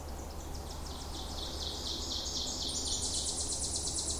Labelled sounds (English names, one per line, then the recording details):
Ovenbird song
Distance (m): 55 m
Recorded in boreal forest in Alberta, Canada, on 26 May 2016 at 08:14
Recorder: SongMeter 3, array SBT-3-15
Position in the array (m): 54 m, 223 m
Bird 20